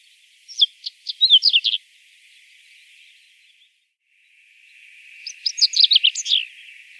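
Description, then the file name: Reed bunting singing two brief phrases of separate sharp notes followed by a quick tinkling flourish, with a long pause between them and a high background drone. "Migliarino Di Palude"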